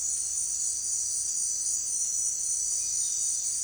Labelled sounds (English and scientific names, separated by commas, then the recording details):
none
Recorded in secondary vegetation near Puerto Asís, Putumayo, Colombia, on 25 June 2025 at 17:00
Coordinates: 0.485, -76.322
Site GP06